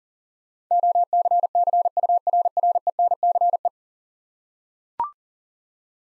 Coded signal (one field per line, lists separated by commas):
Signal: Morse code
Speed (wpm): 40 wpm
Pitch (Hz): 700 Hz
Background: none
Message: OCCURRENCE